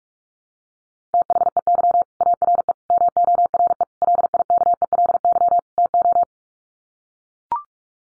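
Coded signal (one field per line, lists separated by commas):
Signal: Morse code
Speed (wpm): 44 wpm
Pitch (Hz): 700 Hz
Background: none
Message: THEY ARE MORE LIKELY TO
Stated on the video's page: Morse head-copy drill of common five-word English groups at 45 wpm, each set sent twice.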